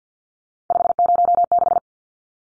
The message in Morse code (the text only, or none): 506